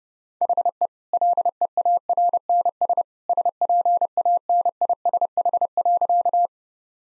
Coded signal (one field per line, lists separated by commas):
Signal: Morse code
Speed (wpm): 30 wpm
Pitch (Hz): 700 Hz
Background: none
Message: HE LEARNS SPANISH.